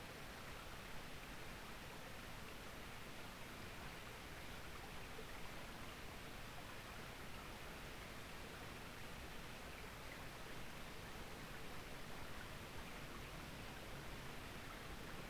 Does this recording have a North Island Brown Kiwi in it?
no